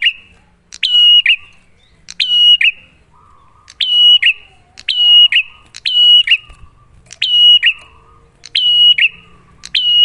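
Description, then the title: Bar-winged prinia repeating a clicking start, a sustained high whistle and a dropping end note, several phrases at uneven intervals. Prenjak lure (masteran) of a duet of Cililin and Kapas Tembak song styles, in full clear song, used to train caged prinias. "Masteran Duet Cililin Vs Kapas Tembak. Pancingan Prenjak Gacor Suara Jernih"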